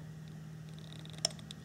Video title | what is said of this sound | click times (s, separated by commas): Subaru MAP Sensor P0107 and P0108 - How to test and replace | you hear that so you want to hear that clicking noise | 1.2 s